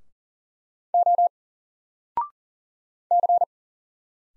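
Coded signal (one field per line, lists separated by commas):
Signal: Morse code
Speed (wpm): 40 wpm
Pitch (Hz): 700 Hz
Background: none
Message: O C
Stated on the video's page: Morse practice at 40 wpm of single letters and numbers, each sent, spoken, then sent again for head-copy.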